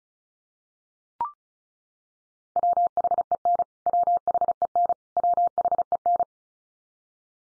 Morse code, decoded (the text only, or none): WHEN WHEN WHEN